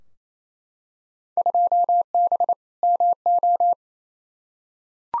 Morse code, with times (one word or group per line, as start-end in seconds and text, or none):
1.4-2.5 2B
2.8-3.7 MO